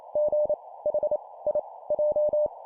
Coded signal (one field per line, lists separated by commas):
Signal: Morse code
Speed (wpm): 28 wpm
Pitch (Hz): 600 Hz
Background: none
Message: G H I J